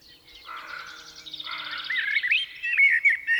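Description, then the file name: Common blackbird song: low fluted, warbling phrases swelling louder toward the end, over a steady chorus of high twittering birds. "Turdus merula"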